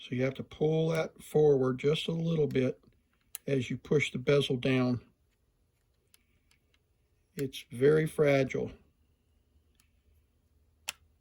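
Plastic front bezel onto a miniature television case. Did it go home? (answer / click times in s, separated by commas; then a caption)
yes / 10.9 s. A fragile plastic front bezel is pushed down onto the case of a 1978 vintage micro television while a protruding part is eased forward just a little. Someone talks, then a quiet pause holds a few faint ticks before a single sharp pop at 10.9 s as the bezel seats into place.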